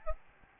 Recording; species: mosquito wingbeat signal from an infrared sensor; Aedes albopictus